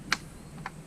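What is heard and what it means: The last plastic limb pieces of a Bumblebee transforming robot toy are pushed into its body to finish its car mode. Two sharp clicks are heard at 0.1 s and 0.7 s, the first louder than the second, over a quiet background. The pieces click into place and the toy is seated in car mode.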